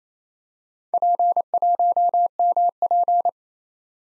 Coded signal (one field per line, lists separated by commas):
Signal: Morse code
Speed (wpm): 29 wpm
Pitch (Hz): 700 Hz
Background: none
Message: P1MP